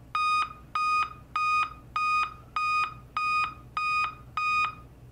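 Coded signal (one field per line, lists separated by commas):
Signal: beep code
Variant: Dell laptop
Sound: about eight evenly spaced short high beeps, repeating steadily with no pauses between groups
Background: quiet room hum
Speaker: beeping we're beeping but I'm getting a post here up on the screen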